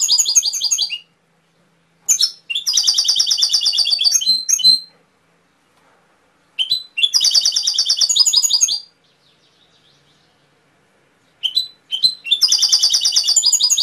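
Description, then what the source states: Canary song in bursts: fast trilled phrases of a few seconds separated by silent pauses, each burst a rapid high rolling trill. Canary training (masteran) song with full fill-in (isian) phrases.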